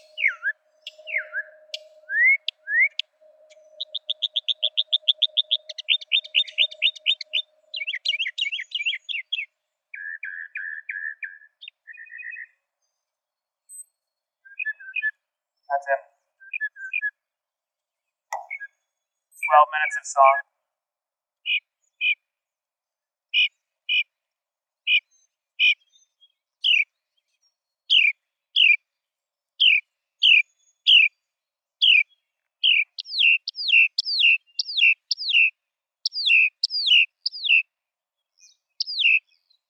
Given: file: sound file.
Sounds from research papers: Bird C. Mockingbird song material analyzed in this exploratory analysis is from five individual birds.

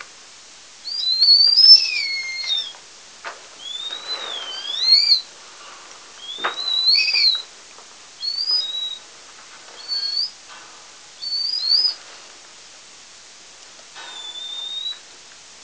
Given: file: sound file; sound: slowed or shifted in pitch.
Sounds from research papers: Example of adult BxD mouse song 3 weeks after lesions in laryngeally connected M1.

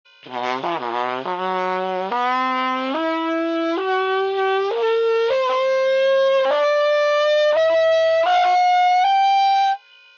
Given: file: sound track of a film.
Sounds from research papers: Real-time MRI video of a trumpet player with embouchure dystonia performing a slurred 11-note harmonic series.

